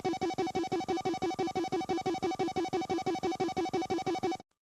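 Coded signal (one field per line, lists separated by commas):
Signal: none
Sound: music jingle tones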